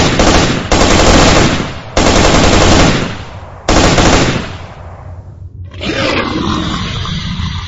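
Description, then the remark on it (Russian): Four loud, dense bursts of automatic rifle fire from two guns firing in turn to finish off a creature follow one another with brief gaps, the last one fading out before a rough, rumbling roar rises and continues to the end. “Мы бросились вперед, и попеременно из двух столов начали добивать тварь.”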